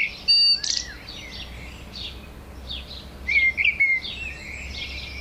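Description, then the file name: Eurasian blackbird calls: a sharp burst near the start, then one clear warbled phrase partway through, with faint twitters and a low steady hum. "Turdus merula"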